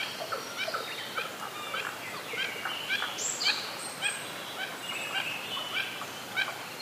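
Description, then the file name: Mandarin duck calls: a high, thin rising whistle among many short, clipped chattering notes. "oshidori"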